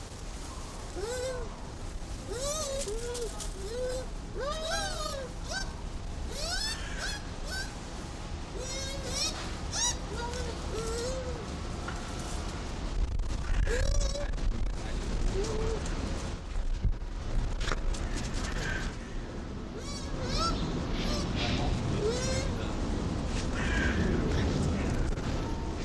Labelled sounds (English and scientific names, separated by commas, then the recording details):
Bush Dog (Speothos venaticus)
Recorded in captivity
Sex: pair
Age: adult
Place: Zoo Berlin, Berlin, DE
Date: 1992-11-07 12:20
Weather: bedeckt, 14°C
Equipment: Marantz CP 430, Sennheiser ME 80, Kopie Tesla B 116
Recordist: Tembrock, Günter